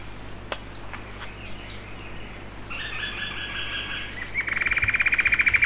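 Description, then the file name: Bird phrase of stacked, buzzy repeated notes, then a rapid pulsing trill that grows louder toward the end, after a few faint clicks. "SABIOD 50 bird 2015"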